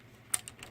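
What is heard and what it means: A plastic cable connector is pushed into its port on a handheld console development kit and locks in with a sharp, bright click at 0.3 s, confirming it has latched and cannot come out. A few softer clicks and taps follow. No one talks in the clip.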